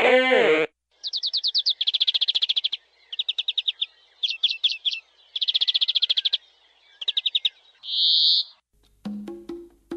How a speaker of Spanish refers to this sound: Hablar del canto de las aves. Se denomina canto de aves a los sonidos vocales que las aves emiten, a un nivel no técnico. Son los sonidos que emiten las aves y que son melodiosos al oído humano.